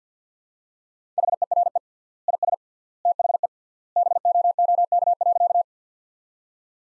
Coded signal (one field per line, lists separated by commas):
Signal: Morse code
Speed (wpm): 50 wpm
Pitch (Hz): 700 Hz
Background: none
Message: HERE IS THE BOOK.